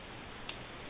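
A Micro-Trains 2004-1 N scale plastic coupler, with its pin placed in the hole, is pressed gently on both sides into the coupler pocket of a Kato NW2 locomotive. Over a steady, muffled hiss cut off above about 4 kHz, one brief tick is heard at about 0.5 s. Nothing has snapped or seated yet; the coupler is still being handled.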